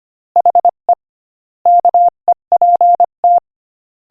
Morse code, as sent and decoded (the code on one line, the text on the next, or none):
.... . / -.- . .--. -
HE KEPT